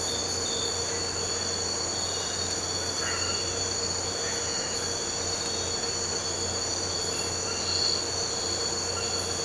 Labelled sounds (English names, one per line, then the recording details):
none
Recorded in pastures near Puerto Asís, Putumayo, Colombia, on 8 March 2025 at 01:30
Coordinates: 0.466, -76.322
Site CSA-02